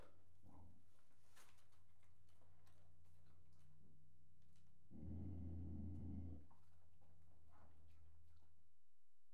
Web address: BBC Sound Effects Library Horses Dogs Small Dog Treatening To Attack